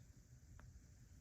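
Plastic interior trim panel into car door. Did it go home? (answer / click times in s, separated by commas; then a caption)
yes / 0.6 s. A plastic interior trim panel covering the side mirror connectors is pressed into the door of a Mercedes-Benz E55 AMG W211 during a side mirror rubber gasket replacement. A single faint snap sounds at 0.6 s over a steady low rumble, as the panel pops and seats into place.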